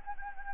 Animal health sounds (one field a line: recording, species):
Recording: mosquito wingbeat signal from an infrared sensor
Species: Anopheles gambiae